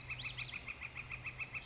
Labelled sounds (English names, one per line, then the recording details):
Northern Flicker
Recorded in Sonoma County, California